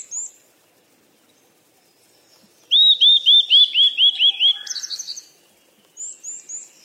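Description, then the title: Bird song: after a brief chirp and a pause, a fast string of repeated curved whistles runs into a buzzy trill, then three more high notes. Birds playing. "鸟儿嬉戏声"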